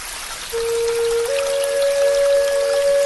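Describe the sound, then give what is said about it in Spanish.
Water pours steadily with a constant hiss, and after a moment a clear tone appears and climbs in steps as the stream keeps running, like a container filling up. “El agua.”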